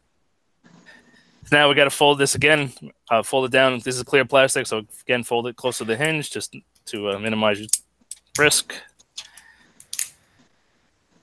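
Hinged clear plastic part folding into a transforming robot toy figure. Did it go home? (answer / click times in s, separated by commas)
yes / 9.9 s, 10.0 s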